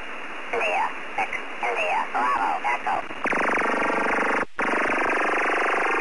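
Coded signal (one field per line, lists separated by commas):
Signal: digital SSTV (DRM)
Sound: brief voice-like chatter, then a steady wide rushing hiss with one short gap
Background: radio voice chatter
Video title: EASYPAL SSTV SDR CONSOLE ES'HAIL2 CN8MM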